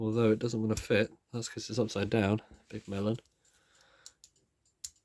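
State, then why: Seated. Someone talks while refitting a setting knob onto the movement of a vintage Smiths Electric Pageboy alarm clock being reassembled; it wouldn't fit at first because it was upside down. After the talking stops, faint handling clicks come at about 4.1 and 4.2 s, and then the knob snaps home with a sharp, satisfying click at 4.9 s, seated in place.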